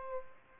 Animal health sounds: mosquito wingbeat signal from an infrared sensor; Aedes aegypti

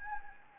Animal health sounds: mosquito wingbeat signal from an infrared sensor; Anopheles gambiae

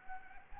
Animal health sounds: mosquito wingbeat signal from an infrared sensor; Anopheles arabiensis

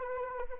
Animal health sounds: mosquito wingbeat signal from an infrared sensor; Anopheles arabiensis

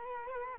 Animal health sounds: mosquito wingbeat signal from an infrared sensor; Culex quinquefasciatus

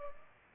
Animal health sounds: mosquito wingbeat signal from an infrared sensor; Culex pipiens

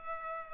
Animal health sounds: mosquito wingbeat signal from an infrared sensor; Culex pipiens

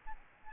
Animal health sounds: mosquito wingbeat signal from an infrared sensor; Aedes albopictus

